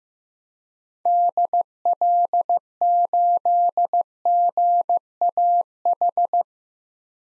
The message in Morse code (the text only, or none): DL8GAH